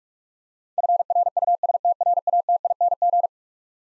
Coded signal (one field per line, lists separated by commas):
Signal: Morse code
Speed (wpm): 43 wpm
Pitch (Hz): 700 Hz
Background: none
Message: FRUSTRATING